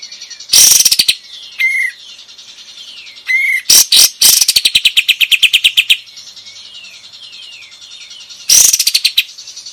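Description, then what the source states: Bulbul song of loud rattling bursts and a rapid pulsed series, interspersed with short clear downslurred whistles. Bulbul singing vigorously (gacor).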